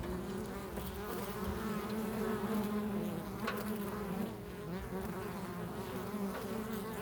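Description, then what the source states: Bees giving a steady, wavering buzzing drone that swells slightly midway, then settles. Bees in a field.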